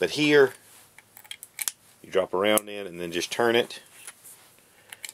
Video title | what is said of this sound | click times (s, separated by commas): Ruger Blackhawk Single Action Revolver 45 Colt | there's a positive click | 4.9 s, 5.1 s